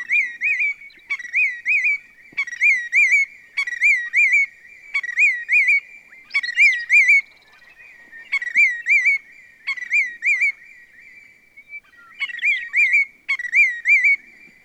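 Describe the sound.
Willet calling steadily: about ten loud, ringing phrases of slurred, rising-and-falling notes, with a couple of short pauses.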